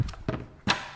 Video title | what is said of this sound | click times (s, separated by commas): Two New Ridgid NXT Vacuums and Accessories! | On the tab on the back, push down on that, it'll click right off. | 0.3 s